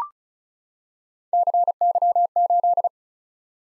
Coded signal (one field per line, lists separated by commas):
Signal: Morse code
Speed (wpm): 36 wpm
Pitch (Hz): 700 Hz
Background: none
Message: CY8